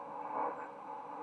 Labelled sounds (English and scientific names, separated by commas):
White-throated Sparrow (Zonotrichia albicollis) flight call